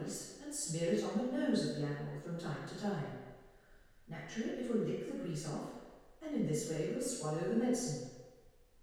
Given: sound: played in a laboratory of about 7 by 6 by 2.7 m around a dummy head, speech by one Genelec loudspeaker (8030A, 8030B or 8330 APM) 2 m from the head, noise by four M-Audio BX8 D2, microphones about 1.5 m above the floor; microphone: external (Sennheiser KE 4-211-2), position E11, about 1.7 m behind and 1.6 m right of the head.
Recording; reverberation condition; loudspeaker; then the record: female speech in English; high; 30 degrees to the right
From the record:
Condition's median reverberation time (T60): about 1300 ms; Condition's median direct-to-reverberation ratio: about -4.0 dB